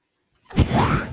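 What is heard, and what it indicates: After a moment of silence, a single soft whoosh of air rises quickly and holds for about half a second, with a low rumbling body. It is the air delivery of a person's own home mechanical ventilator giving a breath.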